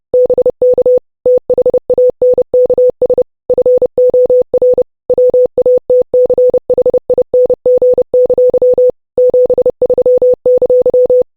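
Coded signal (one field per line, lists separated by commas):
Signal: Morse code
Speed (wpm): 30 wpm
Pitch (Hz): 500 Hz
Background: none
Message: BK THANKS FOR WATCHING! 73!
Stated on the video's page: Morse from a UTC-day park activation using the Poseidon antenna kit.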